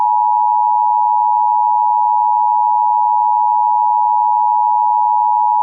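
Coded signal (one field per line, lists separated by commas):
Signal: Emergency Alert System (SAME) tones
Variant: 853 and 960 Hz attention tone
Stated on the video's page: Recreated mock Montana Amber Alert made in DASDEC style.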